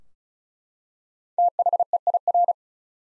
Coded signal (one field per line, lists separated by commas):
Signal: Morse code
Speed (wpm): 34 wpm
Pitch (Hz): 700 Hz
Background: none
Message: THEIR